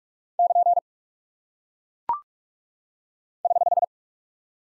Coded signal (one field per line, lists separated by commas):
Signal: Morse code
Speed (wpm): 44 wpm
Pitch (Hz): 700 Hz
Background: none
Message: <KN> <HH>